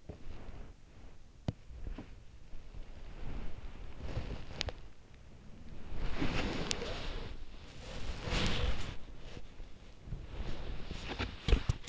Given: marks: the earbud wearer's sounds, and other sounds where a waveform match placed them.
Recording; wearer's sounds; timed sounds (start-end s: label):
sounds in sleep by an in-ear microphone; body movement
0.00-11.89 s: body movement